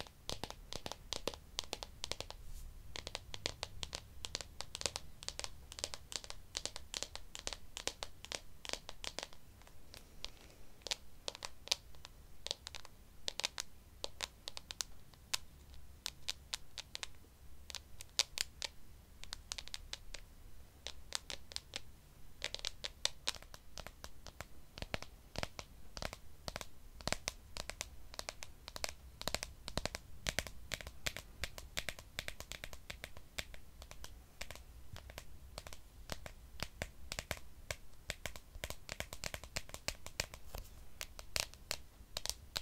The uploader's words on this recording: ASMR Tapping for Tingles & Relaxation ~ (No Talking).